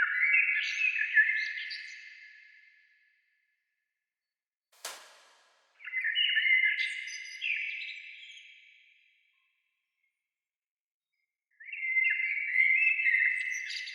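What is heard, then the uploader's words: Birds sing in bright, ringing phrases that swell and then fade over a few seconds, with one phrase at the start, another near six seconds and a third near twelve seconds. Between the phrases there is near silence, broken by one sharp click just before five seconds. Bird sounds. Birds chirping, birds singing.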